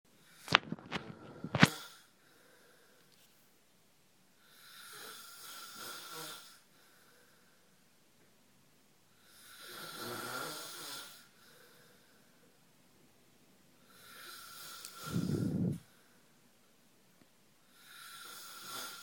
Super snoring.